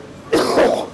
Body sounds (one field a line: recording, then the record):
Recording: coughing mixed with background sound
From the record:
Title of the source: Coughing 77